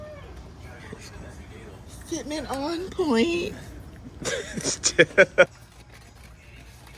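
A titanium charge pipe is handled at its coupling on a BMW S55 turbo engine while someone talks. A few short knocks and taps are heard near the end, but the pipe has not seated or clicked into the coupling yet.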